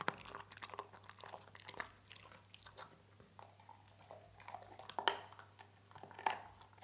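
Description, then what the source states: Dog chewing with crisp crunches over a low hum. Dog eating.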